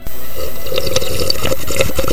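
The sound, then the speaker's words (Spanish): Someone sips coffee from a cup in a small recording studio, a run of wet little slurps and liquid gurgles repeating over about two seconds, fairly loud with no talking. “Que lo disfruten. La plática, no los sorbitos.”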